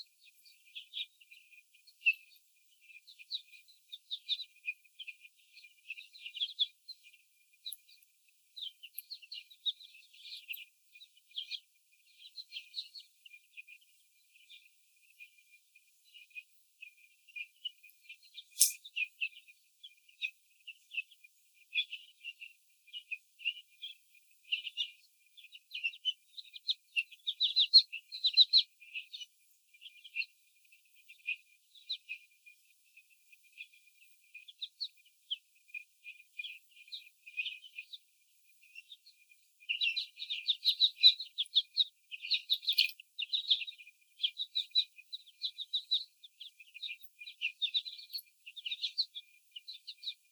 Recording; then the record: young laying hens in a cage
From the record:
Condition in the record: before the stressor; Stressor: sudden umbrella opening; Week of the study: 3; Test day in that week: 2